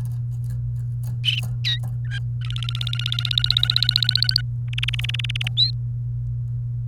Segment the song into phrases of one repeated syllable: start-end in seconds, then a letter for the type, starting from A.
1.64-1.79 A, 2.04-2.18 B, 2.41-4.41 C, 4.73-5.48 D